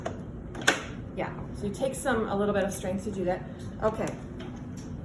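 A plastic piece of a disposable tubing set is pulled down into a rapid infuser housing again and snaps into place with a sharp click at 0.7 s, seating as it should. Someone then talks, noting it takes a little strength.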